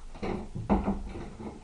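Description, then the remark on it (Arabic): A door is pushed shut, with a short series of dull wooden thumps and a rattling clunk as it settles into the frame. There is no talking. “اقفل الباب يا عم احمد وخش استريح.”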